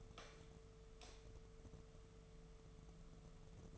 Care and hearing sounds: daily activity, microphone in the room; light on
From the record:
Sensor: 4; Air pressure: 1015.4 hPa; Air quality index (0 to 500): 170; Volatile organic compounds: 7 ppm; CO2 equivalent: 1969 ppm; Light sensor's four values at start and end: 17/39/16/16 and 17/42/17/17

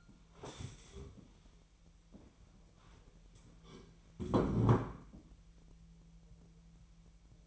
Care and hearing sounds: daily activity, microphone in the room; stand up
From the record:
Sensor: 1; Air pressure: 1001.9 hPa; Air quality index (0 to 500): 245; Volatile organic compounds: 114 ppm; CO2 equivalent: 3838 ppm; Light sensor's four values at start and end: 11/26/11/13 and 11/26/11/12

